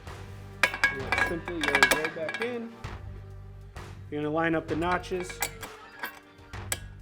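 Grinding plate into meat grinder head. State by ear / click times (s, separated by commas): seated / 6.7 s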